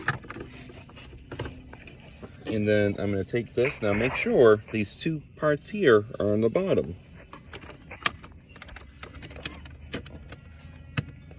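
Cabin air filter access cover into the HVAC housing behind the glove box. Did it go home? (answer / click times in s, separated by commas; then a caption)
yes / 11.0 s. On a 2022 Toyota Corolla, the cabin air filter access cover behind the glove box is pushed back into the HVAC housing with its two tabs at the bottom, while someone talks. Light handling taps sound through the clip, then a small sharp click at 11.0 s shows the cover has seated in place.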